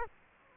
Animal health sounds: mosquito wingbeat signal from an infrared sensor; Aedes aegypti

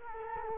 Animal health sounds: mosquito wingbeat signal from an infrared sensor; Culex quinquefasciatus

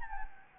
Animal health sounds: mosquito wingbeat signal from an infrared sensor; Anopheles gambiae

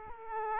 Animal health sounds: mosquito wingbeat signal from an infrared sensor; Aedes aegypti

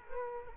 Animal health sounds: mosquito wingbeat signal from an infrared sensor; Culex quinquefasciatus

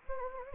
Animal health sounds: mosquito wingbeat signal from an infrared sensor; Anopheles gambiae

